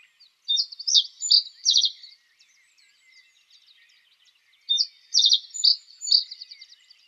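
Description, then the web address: Reed bunting song: two short phrases of high notes ending in buzzy, rattling trills, the second phrase starting about four seconds after the first. "Schulze Peter Reed Bunting song"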